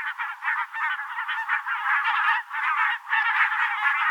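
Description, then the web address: Barnacle goose: barnacle geese yapping in a large group, bursts of overlapping nasal honks broken by short lulls. "chant xeno-canto bernache nonnette"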